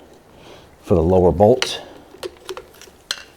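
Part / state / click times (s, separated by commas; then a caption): plastic bolt retainer clip on a shock absorber mount / released / 3.1 s. Someone talks, then plastic retainer clips holding the lower bolts on an old front shock and spring assembly from a 2007–2014 Cadillac Escalade are pried off with a screwdriver, producing a few light ticks and taps. A sharp click at 3.1 s marks a clip popping off, released from the shock absorber mount.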